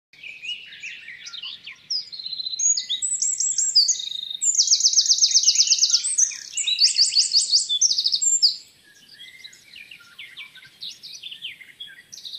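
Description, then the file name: Eurasian wren song, a long loud outpouring of rapid high trills and sharp twittering notes, with fast buzzy rattles in the middle before a softer, scratchy ending. "Troglodytes troglodytes"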